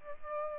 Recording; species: mosquito wingbeat signal from an infrared sensor; Aedes albopictus